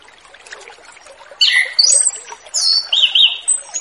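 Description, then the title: Orange-headed thrush song: after a quiet start, high sweet whistles and fast warbled notes follow in two quick phrases over a low background hiss. Relaxed, open 'ngeplong santai' song, used as a lure recording ('pancingan') for wild, free-flying young spotted ('trotol') orange-headed thrushes. "Anis Kembang Ngeplong Santai , Untuk Pancingan Anis Kembang Lepas Trotol"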